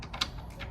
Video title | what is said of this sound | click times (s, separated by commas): 2022 Cruisers Yachts 34 GLS For Sale at MarineMax Rogers, MN | and that just locks into place | 0.2 s